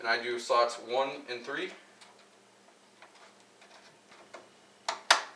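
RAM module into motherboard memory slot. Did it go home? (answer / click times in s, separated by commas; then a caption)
yes / 4.9 s, 5.1 s. Someone talks at the start, then a memory stick is pressed down into a motherboard DIMM slot after a few faint ticks. Two sharp clicks at 4.9 s and 5.1 s mark the plastic retention clips flipping up and locking. The RAM module is seated in the slot.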